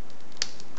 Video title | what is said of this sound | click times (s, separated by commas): Bandai Super Robot Chogokin SRC King of Braves Genesic GaoGaiGar Review | lock it in as well, and you adjust the angle over here. | 0.4 s